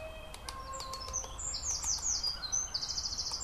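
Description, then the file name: Eurasian wren song, rapid high-pitched trills and buzzy rattles delivered in quick succession, over soft background hiss and scattered clicks. "Winterkoning - Troglodytes troglodytes"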